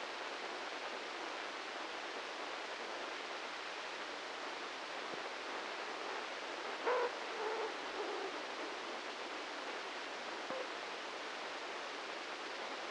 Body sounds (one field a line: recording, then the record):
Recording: brain microelectrode recording played as sound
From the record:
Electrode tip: inside the subthalamic nucleus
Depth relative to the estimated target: 0 mm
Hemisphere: left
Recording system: NeuroSet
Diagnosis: Parkinson's disease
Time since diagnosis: 15 years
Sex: male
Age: 65 years